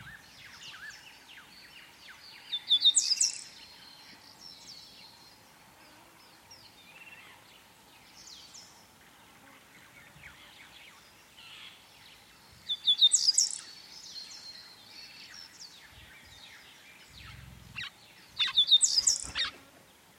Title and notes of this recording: The sound of the African savanna on a calm day. African savanna ambience with birds singing and insects calling at various distances